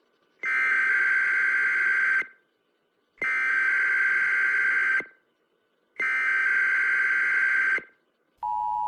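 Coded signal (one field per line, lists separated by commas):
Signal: Emergency Alert System (SAME) tones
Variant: header bursts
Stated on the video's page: EAS tones played at normal speed and slowed from 0.2x to 0.9x.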